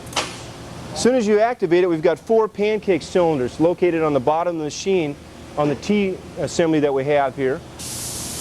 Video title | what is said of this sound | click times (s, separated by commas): TRIAD 48 ft. Custom Rake Wall Table | go ahead and lock it into place | 0.2 s